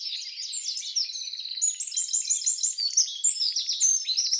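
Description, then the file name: Eurasian wren singing continuously, a shrill cascade of fast trills and warbled high notes with hardly any pause. "Troglodytes troglodytes"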